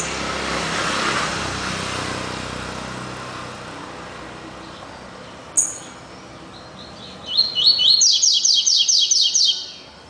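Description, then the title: Double-collared seedeater: after a noisy start and one sharp high note, a run of quick, slurred notes builds into a rapid high trill. "Canto Coleiro"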